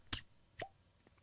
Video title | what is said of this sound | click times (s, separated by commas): This was NOT SELF DEFENSE! Cops were JUSTIFIED | Hear that snap. That's | 0.1 s